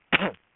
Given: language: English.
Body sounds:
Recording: throat vibration sensor signal played as sound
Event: cough

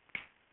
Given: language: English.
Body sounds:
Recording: throat vibration sensor signal played as sound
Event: throat clearing

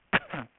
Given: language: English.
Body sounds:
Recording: throat vibration sensor signal played as sound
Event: cough

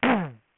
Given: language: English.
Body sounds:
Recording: throat vibration sensor signal played as sound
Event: throat clearing

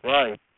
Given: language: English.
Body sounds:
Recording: throat vibration sensor signal played as sound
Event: speech

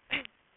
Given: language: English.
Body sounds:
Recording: throat vibration sensor signal played as sound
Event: cough

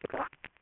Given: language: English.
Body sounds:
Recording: throat vibration sensor signal played as sound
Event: swallow

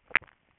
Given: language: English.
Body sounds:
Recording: throat vibration sensor signal played as sound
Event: swallow

